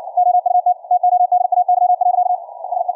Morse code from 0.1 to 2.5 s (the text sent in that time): OUT TODAY.